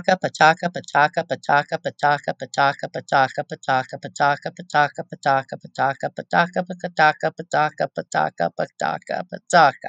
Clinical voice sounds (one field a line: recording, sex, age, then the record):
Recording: repeated syllables /pa ta ka/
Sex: female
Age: 50 to 59 years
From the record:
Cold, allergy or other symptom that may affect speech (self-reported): no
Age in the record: 59 years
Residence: Oklahoma, United States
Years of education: 12